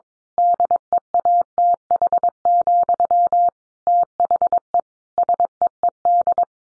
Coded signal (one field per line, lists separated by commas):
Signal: Morse code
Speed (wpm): 22 wpm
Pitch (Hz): 700 Hz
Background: none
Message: DEATH, THE SEED